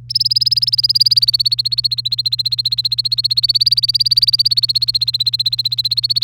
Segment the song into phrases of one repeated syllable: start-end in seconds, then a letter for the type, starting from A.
0.09-6.23 A